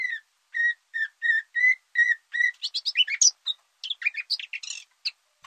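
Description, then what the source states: Common Nightingale developing song: a run of evenly spaced whistled notes near one pitch, then a rapid jumble of varied chirps and trills at higher pitches. Young male at 40 weeks of age, while learning its song; a kind of song is slowly emerging.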